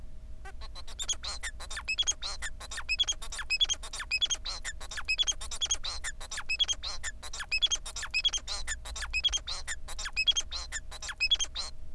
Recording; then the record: song of a male Bengalese finch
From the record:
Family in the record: son of father 4